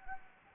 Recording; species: mosquito wingbeat signal from an infrared sensor; Anopheles gambiae